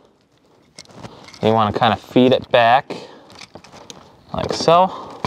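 A rear dome light housing is fed back into the headliner opening of a Ford Focus ST while someone talks, with soft handling rustles and small taps between the words and a sharper tap near the end. Nothing has seated or clicked yet.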